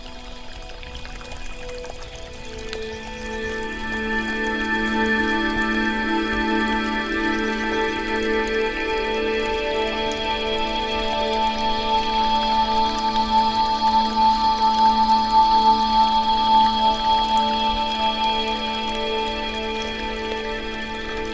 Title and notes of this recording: BAMBOO WATER FOUNTAIN. The gentle trickling of water as it flows through the bamboo fountain